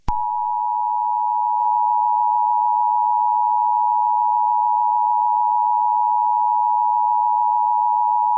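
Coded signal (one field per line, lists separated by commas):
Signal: Emergency Alert System (SAME) tones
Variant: 853 and 960 Hz attention tone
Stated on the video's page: Fictional EAS scenario, not a real alert.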